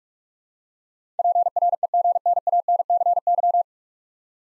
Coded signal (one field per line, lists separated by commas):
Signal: Morse code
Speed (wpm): 44 wpm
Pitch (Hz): 700 Hz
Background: none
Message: PREGNANCY